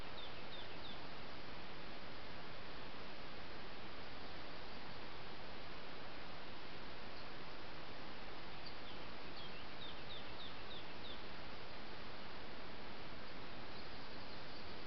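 A forest at about 1200 metres, filled with a steady, dense rushing roar, like a torrent or strong wind, that never changes in level. Faint, thin bird chirps surface now and then, near the start, around the middle and toward the end.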